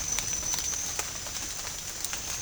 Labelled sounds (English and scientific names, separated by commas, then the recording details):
none
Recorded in dense forest near Puerto Asís, Putumayo, Colombia, on 29 June 2025 at 13:30
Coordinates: 0.481, -76.323
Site G072